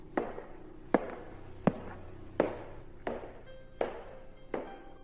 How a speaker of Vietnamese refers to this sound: Ở cầu thang lầu 2, tiếp tục truyền đến tiếng bước chân.